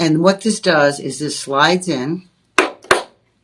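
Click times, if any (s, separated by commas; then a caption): 2.9 s. Someone talks, then the notched post of a diamond hoop earring is slid into the hoop's catch. A sharp transient comes at 2.6 s, then a small snap at 2.9 s as the post locks shut and the earring is seated.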